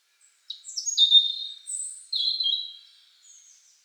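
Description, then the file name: European robin song: a clear phrase of high thin whistles and trills, sliding and wavering between notes, with a soft fading trill at the end. "Erithacus rubecula"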